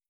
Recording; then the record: hydrophone in a shrimp aquaculture tank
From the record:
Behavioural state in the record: starved